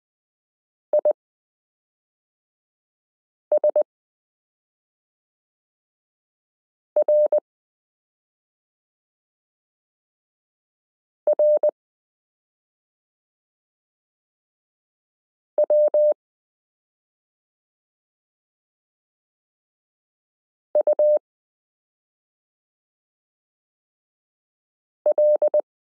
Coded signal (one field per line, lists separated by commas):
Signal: Morse code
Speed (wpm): 20 wpm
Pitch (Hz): 600 Hz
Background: none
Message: ISRRW UL